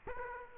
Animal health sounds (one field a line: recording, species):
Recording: mosquito wingbeat signal from an infrared sensor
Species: Aedes aegypti